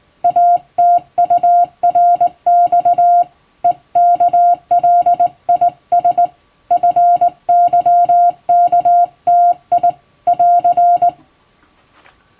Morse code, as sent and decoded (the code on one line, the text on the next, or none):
.- - ..- .-. -..- / . -.- .-.. .. ... / ..-. -.-- -.- - .. / .-.-.
ATURX EKLIS FYKTI <AR>